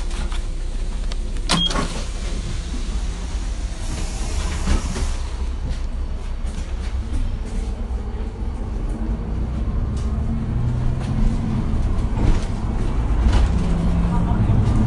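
A steady low rumble of a bus ride, with sharp clicks near two seconds, a brighter hiss around four seconds, and faint voices throughout.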